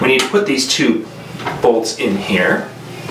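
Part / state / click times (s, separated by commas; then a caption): mounting bolts into toilet seat hinge posts / not seated / none. Someone talks while handling the two mounting bolts that go into the plastic hinge posts of a Mayfair slow-close toilet seat, with brief light clatters from the parts. The bolts are placed this way so the seat can be dropped through and held in place before the nut goes on. Nothing has seated or clicked yet.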